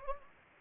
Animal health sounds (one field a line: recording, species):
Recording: mosquito wingbeat signal from an infrared sensor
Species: Anopheles gambiae